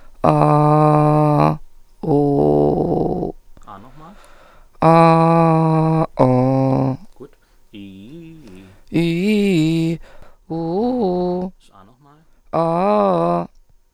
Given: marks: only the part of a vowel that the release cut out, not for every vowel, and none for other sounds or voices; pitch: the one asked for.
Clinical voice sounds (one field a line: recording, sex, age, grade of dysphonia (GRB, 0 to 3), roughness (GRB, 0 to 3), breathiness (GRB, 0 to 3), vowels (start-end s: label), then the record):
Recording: sustained vowels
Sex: female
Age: 30 to 39 years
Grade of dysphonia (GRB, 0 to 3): 2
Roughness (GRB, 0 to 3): 2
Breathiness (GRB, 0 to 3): 2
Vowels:
0.86-1.41 s: vowel /a/, low pitch
2.18-2.95 s: vowel /u/, low pitch
8.95-9.73 s: vowel /i/, low-high-low pitch
10.51-11.43 s: vowel /u/, low-high-low pitch
12.51-13.42 s: vowel /a/, low-high-low pitch
From the record:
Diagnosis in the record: Reinke's edema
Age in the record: 34 years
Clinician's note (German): Zustand nach Stütze, leichte Rötung und Schwellung, sehr unregelmäßiges Schwingungsbild